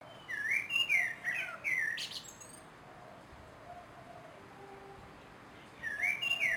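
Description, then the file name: Common blackbird singing a rich, fluty warbled phrase ending in squeaky twitters, a pause, then the song resumes. "Turdus merula"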